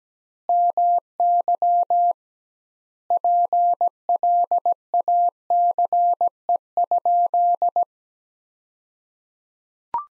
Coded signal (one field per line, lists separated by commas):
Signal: Morse code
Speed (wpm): 17 wpm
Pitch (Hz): 700 Hz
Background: none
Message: MY PLACE?